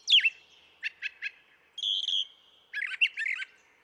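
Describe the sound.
Brown thrasher singing a varied series: a sharp downslurred note, three quick repeated chips, a flat whistle, then a rapid jumbled phrase.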